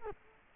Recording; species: mosquito wingbeat signal from an infrared sensor; Culex quinquefasciatus